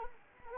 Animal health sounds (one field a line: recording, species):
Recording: mosquito wingbeat signal from an infrared sensor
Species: Anopheles arabiensis